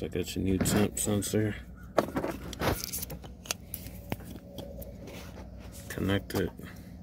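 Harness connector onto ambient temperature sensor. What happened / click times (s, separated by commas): Handled, not yet home: connector not yet clicked onto sensor / none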